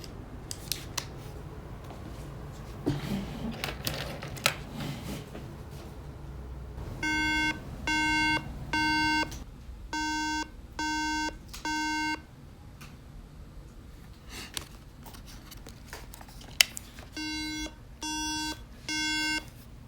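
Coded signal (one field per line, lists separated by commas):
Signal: beep code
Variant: Apple Mac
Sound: three buzzy half-second beeps, pause, repeated three times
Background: handling noise, room hum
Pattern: 3 short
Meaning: Three repeating beeps mean the system RAM is bad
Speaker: This MacBook Air has a RAM problem. (A1369 MBA 13-inch) Beeps 3times. This means the system RAM is bad.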